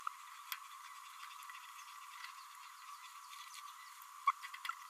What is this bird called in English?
Green-rumped Parrotlet